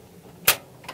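A pull-out storage tray in the exterior basement compartment of a 2019 Newmar Dutchstar 4369 motorhome, extended slightly more than 50% of its length, is pushed until its latch engages. A sharp, loud hit sounds at 0.5 s, and a second sharp hit follows near 1.0 s. The tray locks into place.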